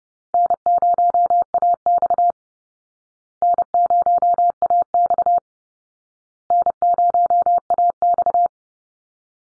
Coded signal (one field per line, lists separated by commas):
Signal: Morse code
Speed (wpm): 28 wpm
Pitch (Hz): 700 Hz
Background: none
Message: N0AX N0AX N0AX